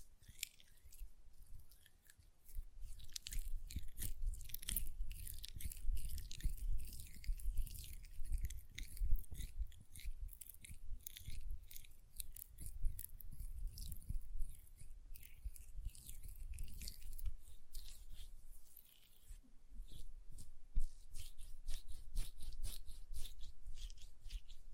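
Hand sounds with nail tapping and rubbing fill the clip, a dense run of quick clicks and crisp, bright scratches with soft low rustle beneath. The activity is nearly continuous, dipping into a brief quiet around 2 seconds and again near 19 seconds before resuming.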